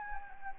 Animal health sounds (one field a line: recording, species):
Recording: mosquito wingbeat signal from an infrared sensor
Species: Anopheles gambiae